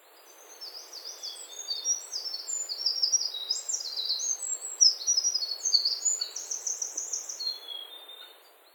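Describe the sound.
Bird song of high, thin phrases of slurred and trilled notes, almost continuous, over faint background hiss.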